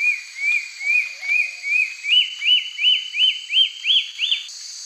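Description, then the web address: Wing-banded antbird song: a series of about twelve whistled notes, evenly spaced, each a little higher than the last, ending abruptly. Song; eastern lowlands of South America. "Natures Songs S America Eastern Lowlands. Myrmornis torquata, song"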